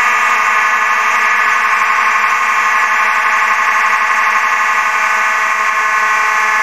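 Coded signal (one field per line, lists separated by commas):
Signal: alarm pattern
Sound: a harsh, steady electronic fire alarm buzz sounding continuously without breaks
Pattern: continuous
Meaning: Continuous sounding signals a fire alarm evacuation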